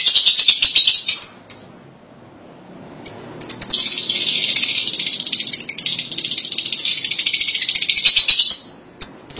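Lovebird twittering in long bursts of rapid, raspy high-pitched chatter, with a short quiet gap and a few isolated shrill chirps.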